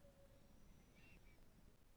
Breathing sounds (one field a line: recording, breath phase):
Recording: one breath near a microphone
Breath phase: inhalation